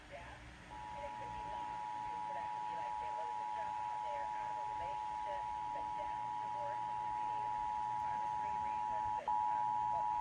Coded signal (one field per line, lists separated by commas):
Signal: Emergency Alert System (SAME) tones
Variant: 853 and 960 Hz attention tone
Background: speech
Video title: Tests (EAS 290-292)